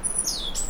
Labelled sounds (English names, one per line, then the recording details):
Stitchbird song
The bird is a male
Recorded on Tiritiri Matangi Island, New Zealand, in 2005
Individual 1, of nest box 1